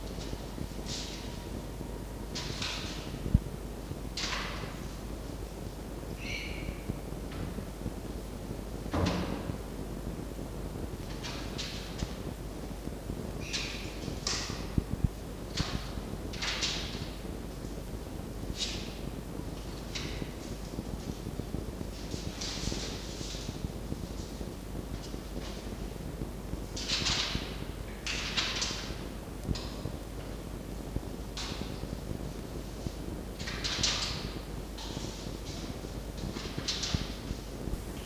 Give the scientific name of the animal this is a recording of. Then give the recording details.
Vulpes vulpes. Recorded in captivity. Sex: group. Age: adult. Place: Zoologisches Institut der HUB, Berlin, DE. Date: 1952-11-03 19:10. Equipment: Elmetra. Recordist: Tembrock, Günter